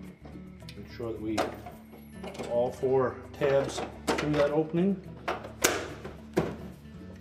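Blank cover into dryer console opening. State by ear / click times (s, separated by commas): seated / 5.7 s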